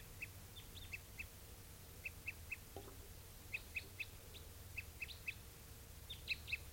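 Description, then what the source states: Crossbill giving a run of short, sharp toop notes in pairs and threes separated by short pauses, against faint low background hum. Two crossbills, both looking red; one giving tooping calls, thought to be the same bird that sang earlier.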